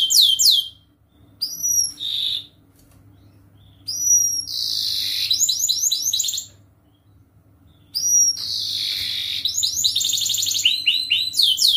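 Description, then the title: Canary song: varied phrases of high chirps, buzzy rolls and rapid sweeping trills, broken by short pauses and repeated in bursts. Gacor (lively singing) canary with the best cengkok (melodic turns) and most luxurious isian (filler phrases); kicaumania song for training. "Kenari Gacor Cengkok Terbaik Isian Paling Mewah Kenarigacor Kicaumania Kenari"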